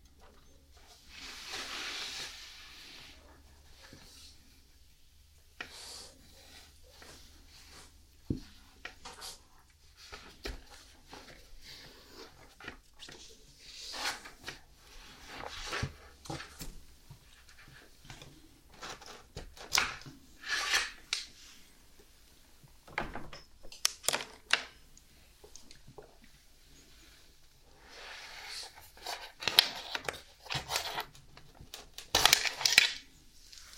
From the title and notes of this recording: Nothing fancy, just a relaxing night spent brushing my cat, Lenny.